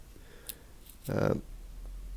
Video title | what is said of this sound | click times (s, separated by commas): How To Replace iPhone X 10 Back Glass - Tutorial (Do It Yourself) | push it in you can feel it click and then | 0.5 s